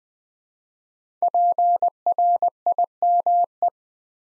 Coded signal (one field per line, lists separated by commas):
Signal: Morse code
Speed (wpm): 20 wpm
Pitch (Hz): 700 Hz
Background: none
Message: PRIME